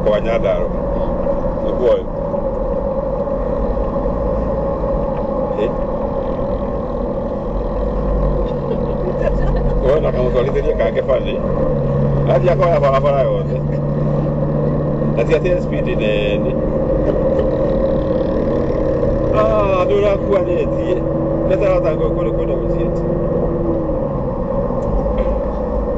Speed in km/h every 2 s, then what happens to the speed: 62, 56, 57, 54, 49, 47, 47, 49, 49, 51, 51, 53, 56.
0-10 slows to 47. 10-26 speeds up to 56.